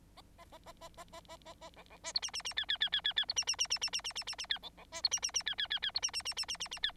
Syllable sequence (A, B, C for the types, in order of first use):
A A A A A A A A A A B B C D E E E F F F F F F D E E E E E E E E E E F B B C D E E E F F F F D E E E E E E E F